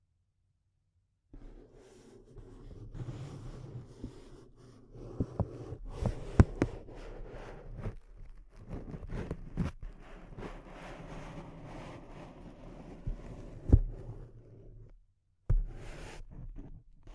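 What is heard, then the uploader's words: Close-up crinkling of a thin material, a dense, uneven rustle with sharp snaps, the loudest around six and fourteen seconds. It starts after a second of silence, continues with low rumbling handling noise underneath, stops briefly near fifteen seconds, then resumes. ASMR Intense Close-Up Crinkles (No Talking).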